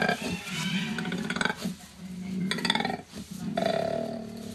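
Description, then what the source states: Koala bellowing: deep, rasping, pulsing growls in several phrases with a grating, grunting texture. Played recording; low-frequency growl warning others not to come closer and signalling the caller's body size.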